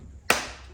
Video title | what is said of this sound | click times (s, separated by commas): Ducati Monster S2R 1000 / How To Fit Install New Air Filter | Hear that click? You're in. | 0.3 s